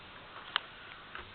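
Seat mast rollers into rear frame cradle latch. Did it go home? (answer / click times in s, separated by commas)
yes / 0.6 s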